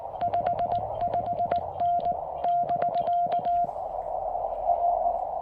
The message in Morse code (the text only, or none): 55N <BK> R